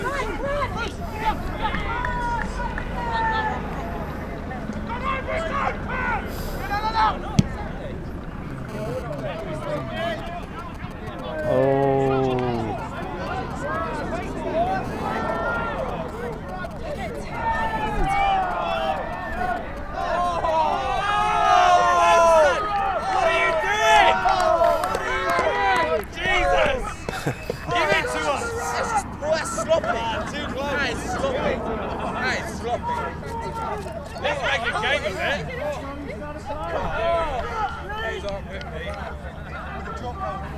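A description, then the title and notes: Voices at a rugby match in Folkestone run throughout, overlapping talk and shouts forming a steady babble of crowd speech. A sharp knock lands near seven seconds, and a low hum sits underneath. Around 20 to 25 seconds the voices grow louder and busier. Rugby Match at Folkstone.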